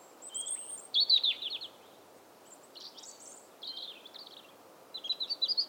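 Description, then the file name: European robin song of rapid high twittering and trilled phrases shifting up and down in pitch, several bursts in quick succession, with low steady background noise. "Erithacus rubecula"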